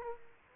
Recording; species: mosquito wingbeat signal from an infrared sensor; Aedes aegypti